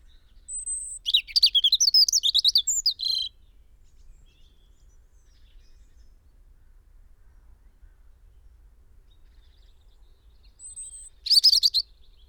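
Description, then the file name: European robin song: a thin high whistle, then a rapid jumble of tinkling, twittering notes for about two seconds, a long silence, then a shorter second phrase near the end. "Erithacus rubecula"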